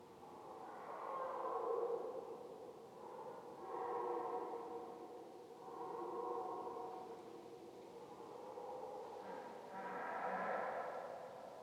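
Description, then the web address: Deer stag roars: several long, groaning bellows, each lasting a couple of seconds, over a noisy background. Stags roaring several times; stereo XY. "GDC 2016-Game Audio Bundle Sound Holder - Roaring Stags animals stags roar short multiple times"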